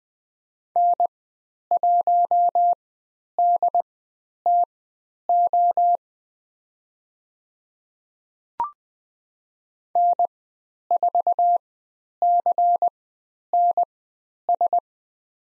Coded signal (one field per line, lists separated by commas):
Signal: Morse code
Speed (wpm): 20 wpm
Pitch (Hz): 700 Hz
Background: none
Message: N1DTO N4CNS